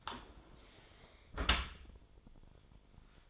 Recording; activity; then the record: daily activity, microphone in the room; close dishwasher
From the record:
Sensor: 5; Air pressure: 1003.2 hPa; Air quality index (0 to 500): 130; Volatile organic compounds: 1 ppm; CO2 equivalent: 949 ppm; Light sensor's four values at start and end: 88/211/89/101 and 89/214/91/103